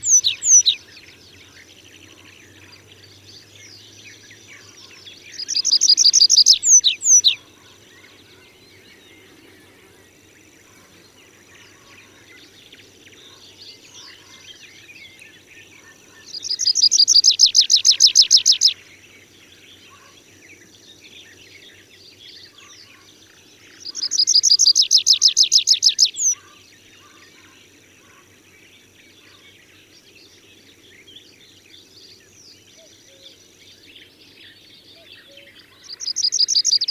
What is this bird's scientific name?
Anthus trivialis